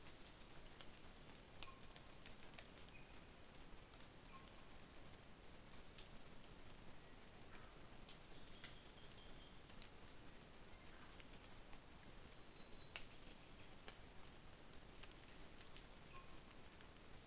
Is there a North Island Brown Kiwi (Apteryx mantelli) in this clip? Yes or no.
no